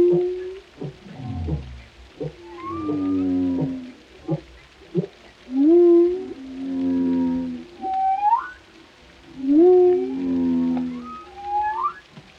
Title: Soothing Symphony of the Deep: Captivating Whale Sounds for Relaxation